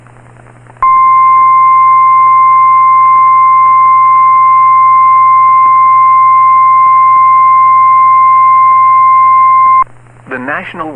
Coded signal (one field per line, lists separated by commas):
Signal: Emergency Alert System (SAME) tones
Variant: 1050 Hz attention tone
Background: speech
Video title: EAS #1,895 Online NOAA Weather Radio Severe T’storm Warning #8 5/15/25